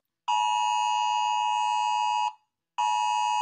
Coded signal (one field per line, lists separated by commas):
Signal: Emergency Alert System (SAME) tones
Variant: 853 and 960 Hz attention tone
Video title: Rating EAS Alarm Sounds Repost